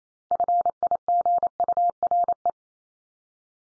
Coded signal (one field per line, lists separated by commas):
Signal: Morse code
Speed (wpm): 28 wpm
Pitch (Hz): 700 Hz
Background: none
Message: FIGURE